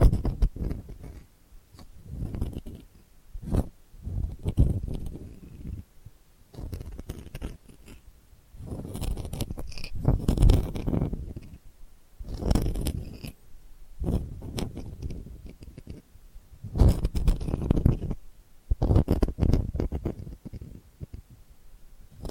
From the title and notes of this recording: ASMR Delicate Scratching for Sleep (No Talking).